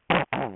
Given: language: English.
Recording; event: throat vibration sensor signal played as sound; throat clearing